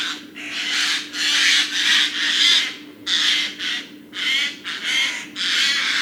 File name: Garrulus glandarius